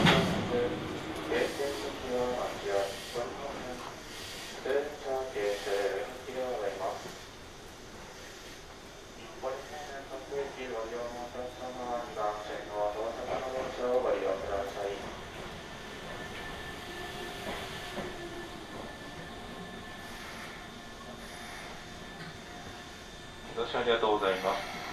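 A ride on the Hokuso Railway through onto the Toei Asakusa Line, from Higashi-Matsudo to Ningyocho. Voices talk in bursts over a steady low rumble of the moving train for the first fifteen seconds, then a quieter stretch with a thin whine, before speech returns at the end.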